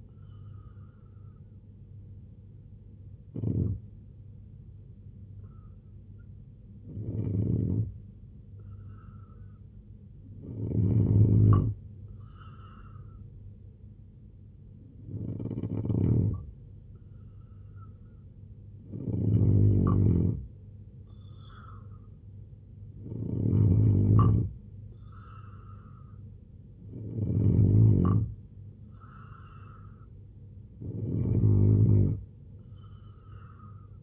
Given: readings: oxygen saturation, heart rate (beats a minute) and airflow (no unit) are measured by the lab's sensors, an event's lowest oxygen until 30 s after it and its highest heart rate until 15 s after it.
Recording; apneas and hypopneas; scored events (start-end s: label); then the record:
breathing in sleep by a smartphone at the bedside; none
13.00-34.03 s: new sleep stage, N3 (deep sleep)
From the record:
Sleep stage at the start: N2 (light sleep); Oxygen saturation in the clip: 83 to 90%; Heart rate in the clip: 66 to 80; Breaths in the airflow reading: 8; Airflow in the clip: -3.2 to 5.6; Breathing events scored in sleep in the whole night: 258 in 7.4 hours asleep